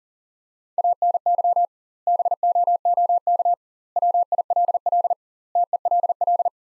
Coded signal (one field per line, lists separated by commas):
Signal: Morse code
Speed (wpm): 40 wpm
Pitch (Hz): 700 Hz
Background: none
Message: ANY BOOK WILL TELL